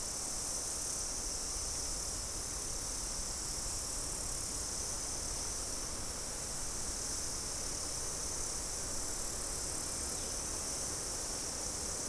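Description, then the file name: Insect chorus, a steady high-pitched shimmering drone that holds unbroken throughout over a broad hiss of background noise. "mainly insect"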